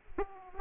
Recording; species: mosquito wingbeat signal from an infrared sensor; Aedes aegypti